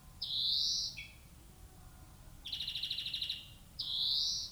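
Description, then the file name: European greenfinch giving a drawn-out nasal wheeze, then a fast buzzing trill, then another wheeze, over quiet low background noise. "Chloris chloris"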